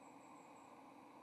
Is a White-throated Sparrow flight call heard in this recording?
no